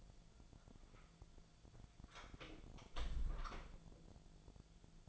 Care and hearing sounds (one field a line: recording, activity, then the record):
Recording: daily activity, microphone in the room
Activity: close door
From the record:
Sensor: 5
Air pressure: 1000.5 hPa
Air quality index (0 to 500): 153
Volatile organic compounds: 2 ppm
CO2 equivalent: 1177 ppm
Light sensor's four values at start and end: 51/119/50/54 and 51/119/50/54